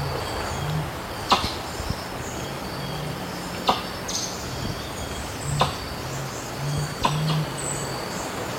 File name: Canto do mutum de elmo